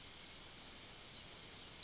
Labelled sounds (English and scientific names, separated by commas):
Yellowhammer (Emberiza citrinella) song